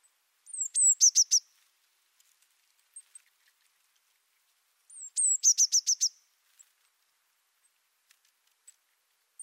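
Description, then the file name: Eurasian blue tit calling twice, each a high thin whistle leading into a rapid string of buzzy churring notes, with faint ticks between. "Cyanistes caeruleus"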